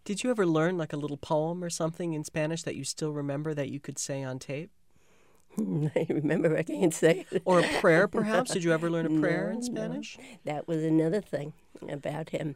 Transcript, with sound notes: Did you ever learn like a little poem or something in Spanish that you still remember that you could say on tape?
I remember but I can't say it (laughing)
Or a prayer, perhaps? Did you ever learn a prayer in Spanish?
No. No. That was another thing about him.